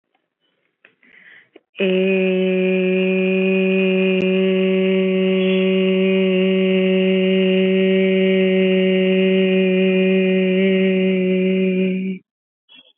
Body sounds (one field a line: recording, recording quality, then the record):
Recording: sustained vowel as in made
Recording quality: excellent, no background noise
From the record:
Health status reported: COVID-19 positive, no symptoms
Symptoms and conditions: sore throat, fatigue, muscle pain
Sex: female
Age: 24 years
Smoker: not ticked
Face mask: not worn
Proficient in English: yes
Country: India